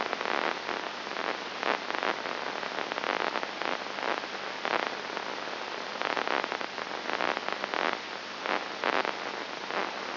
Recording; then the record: brain microelectrode recording played as sound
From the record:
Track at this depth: inside the subthalamic nucleus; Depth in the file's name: 2.104 mm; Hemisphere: left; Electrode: 2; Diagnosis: Parkinson's disease